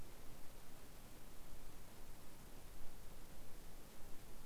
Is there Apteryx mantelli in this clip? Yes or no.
no